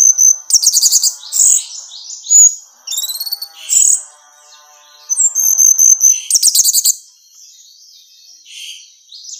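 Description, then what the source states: Orange-headed thrush song of rich mixed phrases: fast chattering trills, clear slurred whistles and sharp high notes, alternating with short quiet gaps and a faint low hum. Female bird; recording made for therapy and training.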